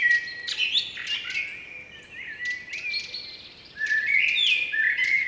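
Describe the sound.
Blackbird song, rich whistled phrases sliding up and down, a pause, then a louder warbled burst near the end, with high twittering.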